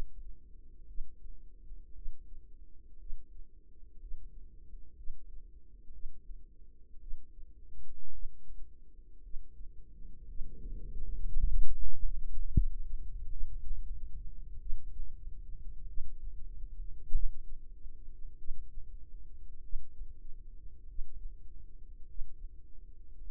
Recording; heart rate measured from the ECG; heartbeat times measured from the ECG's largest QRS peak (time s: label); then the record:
heart sounds by microphone in the right ear; 54 bpm
0.86 s: heartbeat
1.93 s: heartbeat
2.97 s: heartbeat
3.98 s: heartbeat
4.94 s: heartbeat
5.91 s: heartbeat
6.98 s: heartbeat
8.10 s: heartbeat
9.21 s: heartbeat
10.25 s: heartbeat
11.16 s: heartbeat
11.99 s: heartbeat
13.29 s: heartbeat
14.57 s: heartbeat
15.84 s: heartbeat
17.10 s: heartbeat
18.35 s: heartbeat
19.60 s: heartbeat
20.85 s: heartbeat
22.04 s: heartbeat
23.16 s: heartbeat
From the record:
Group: healthy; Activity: rest 0-10 s, Valsalva maneuver 10-23 s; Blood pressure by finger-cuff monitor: 88/60 mmHg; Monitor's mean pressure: 68 mmHg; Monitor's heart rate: 54 bpm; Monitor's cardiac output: 4.2 L/min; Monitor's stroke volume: 74 mL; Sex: female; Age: 36 years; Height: 163 cm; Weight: 88 kg